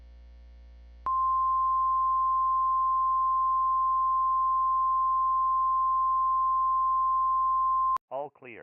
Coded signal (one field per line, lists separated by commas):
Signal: Emergency Alert System (SAME) tones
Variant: 1050 Hz attention tone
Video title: EAS Scenario - Plane Crash